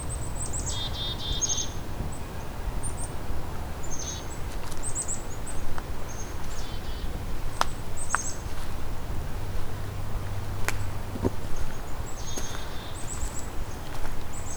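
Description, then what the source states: Black-capped Chickadee calls, scattered high thin notes and occasional buzzy dee-dee series, with faint clicks and steady low rumble. A large group of black-capped chickadees.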